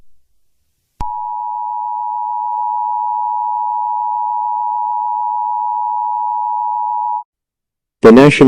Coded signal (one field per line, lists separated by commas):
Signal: Emergency Alert System (SAME) tones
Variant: 853 and 960 Hz attention tone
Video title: Northern Indiana Tornado Chaos (EAS Scenario)